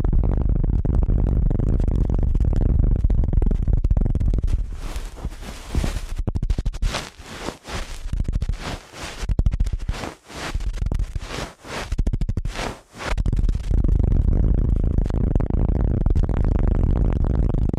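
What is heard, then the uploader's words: Ear cleaning: a steady low rumble and muffled rubbing fill the first few seconds. From about five to thirteen seconds, rapid bursts of bright scratching and swishing come in quick, uneven strokes with brief gaps, then it settles back to the dull rumble. ASMR Ear Cleaning at Helicopter Speed.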